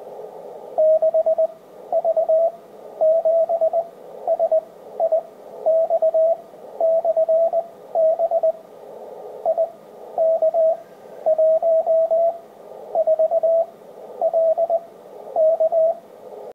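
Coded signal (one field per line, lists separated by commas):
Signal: Morse code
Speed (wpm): 20 wpm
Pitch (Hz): 650 Hz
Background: radio noise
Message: 6V7SIX/B IK14LK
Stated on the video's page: Beacon transmitting on 50.0135 MHz from locator IK14LK.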